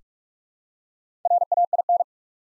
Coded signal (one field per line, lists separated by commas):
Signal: Morse code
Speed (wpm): 48 wpm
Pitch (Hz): 700 Hz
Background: none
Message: RAIN